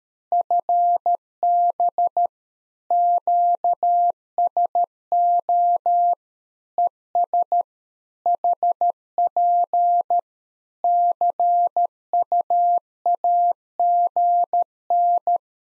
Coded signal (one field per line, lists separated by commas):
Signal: Morse code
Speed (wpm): 13 wpm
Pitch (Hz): 700 Hz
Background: none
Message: FB QSO ES HP CUAGN